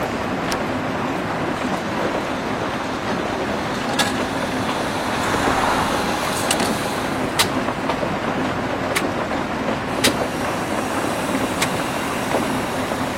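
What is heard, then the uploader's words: Steady, dense rain hiss with a low rumble underneath, punctuated every second or two by sharp bright clicks and clinks. The only 24-hour coffee shop on the island. The hypnotic ensemble of raindrops and coffee machines.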